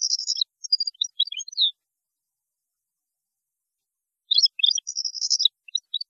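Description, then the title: European goldfinch song: two bursts of tinkling, buzzy twittering with rapid high notes, separated by a gap of about two and a half seconds. "Chant Chardonneret"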